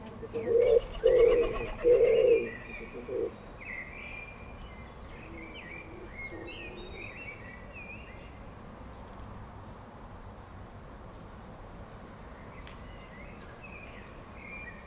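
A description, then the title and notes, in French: Birds at a feeder, with a few loud, low cooing calls close by in the first three seconds. After that, small chirps and tweets come and go over a steady low outdoor hiss and rumble. Bird feeder. Deux microphones dans une mangeoire à oiseaux. With a zoom H1n and binaural microphones Roland CS-10EM.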